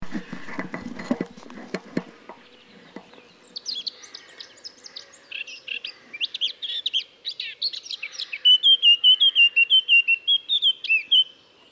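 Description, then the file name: Eurasian blackcap song after a few seconds of rustling noise: quiet twittering that swells into a loud, fluty series of rapid whistled notes. "Sylvia atricapilla"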